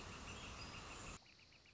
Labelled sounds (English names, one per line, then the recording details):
Northern Flicker
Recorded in Sonoma County, California